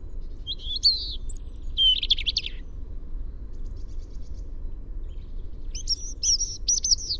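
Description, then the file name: European robin song of high, quick twittering phrases and a thin piercing whistle, a pause of a few seconds, then more jangling notes, with constant low background noise. "Erithacus rubecula"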